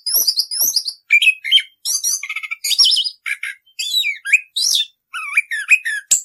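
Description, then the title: Orange-headed thrush singing a rapid jumble of sharp whistles, downslurred notes and buzzy chirps in quick bursts with short gaps. Rolling song style (ngerol), used as a master recording for training caged birds. "Anis Kembang 9. suara anis kembang ngerol"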